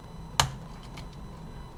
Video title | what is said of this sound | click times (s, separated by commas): Sony WM-FX661 repair (maybe?!): complete mechanism disassembling & assembling - part1 | It's the same principle. Just pull it gently until you hear the releasing click. Okay. | 0.4 s